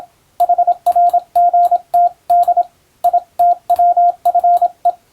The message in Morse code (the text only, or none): HRGTD ITWFE